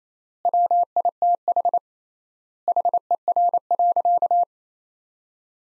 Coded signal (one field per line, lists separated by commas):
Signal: Morse code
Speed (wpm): 28 wpm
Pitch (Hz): 700 Hz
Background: none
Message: WITH HER.